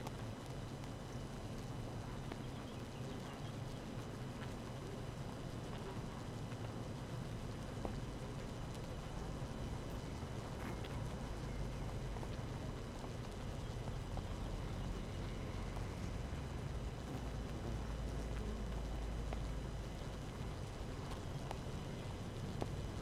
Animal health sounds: honeybee colony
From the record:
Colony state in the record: active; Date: 12 June 2018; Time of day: 7:02

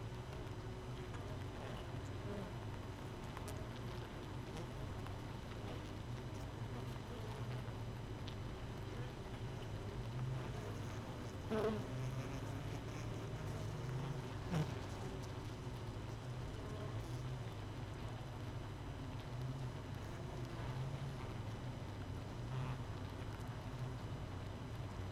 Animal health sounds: honeybee colony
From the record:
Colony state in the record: missing queen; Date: 31 May 2018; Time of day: 5:21

